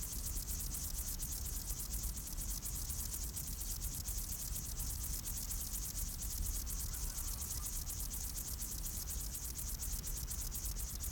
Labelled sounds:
Upland Field Grasshopper stridulation

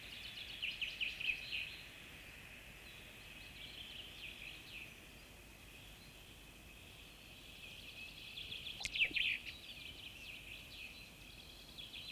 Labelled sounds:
Common Chaffinch song

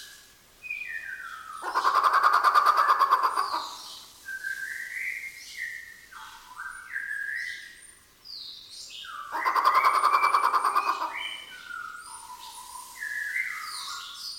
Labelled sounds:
Grey Peacock-Pheasant

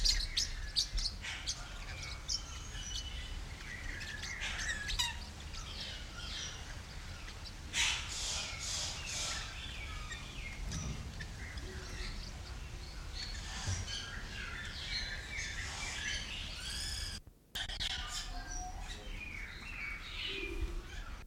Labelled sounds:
Mexican Parrotlet

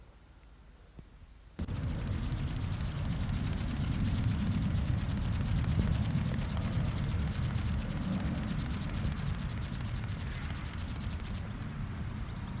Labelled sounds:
Upland Field Grasshopper stridulation

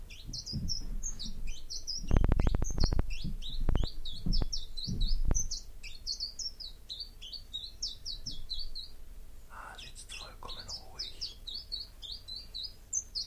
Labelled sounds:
Common Chiffchaff song

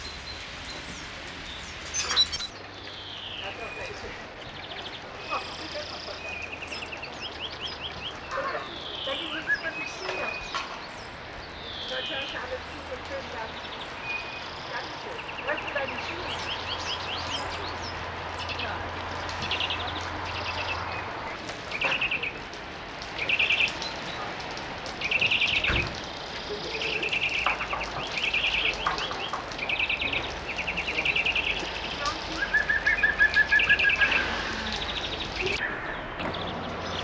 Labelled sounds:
Coal Tit song

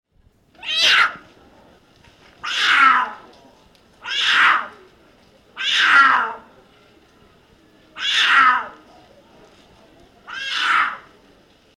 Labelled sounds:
Puma

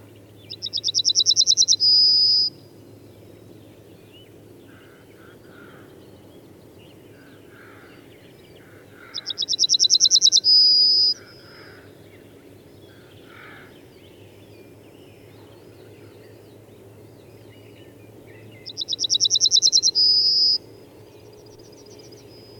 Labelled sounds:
Yellowhammer song

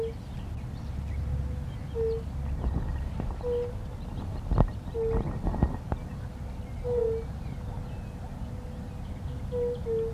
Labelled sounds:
Fire-Bellied Toad call

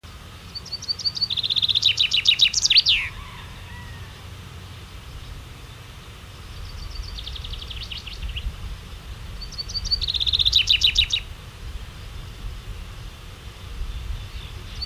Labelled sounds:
Common Chaffinch song

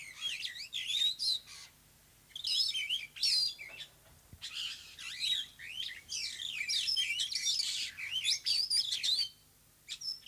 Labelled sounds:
Superb Starling song

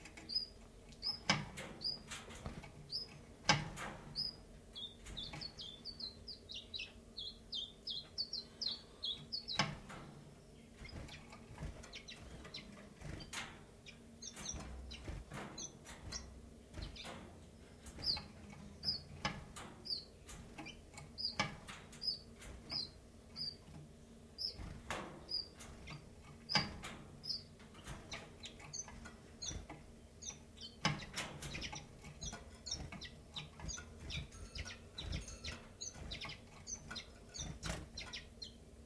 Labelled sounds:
Common Chiffchaff

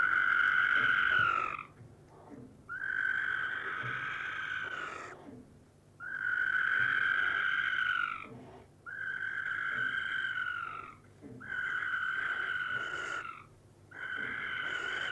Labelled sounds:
Western Barn Owl call

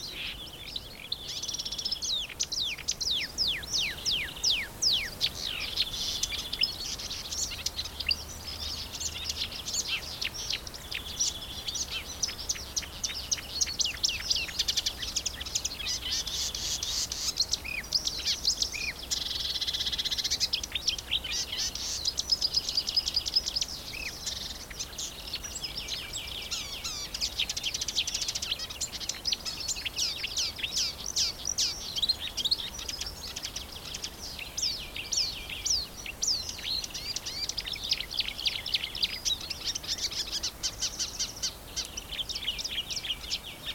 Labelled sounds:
Marsh Warbler

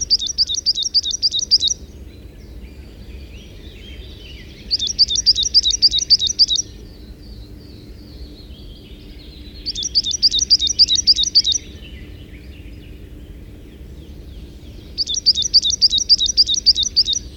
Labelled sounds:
Coal Tit song

